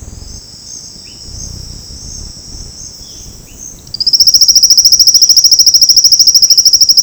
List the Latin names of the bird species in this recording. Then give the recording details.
Sclateria naevia. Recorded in dense forest near Puerto Asís, Putumayo, Colombia, on 18 February 2024 at 09:30. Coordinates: 0.472, -76.329. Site G6394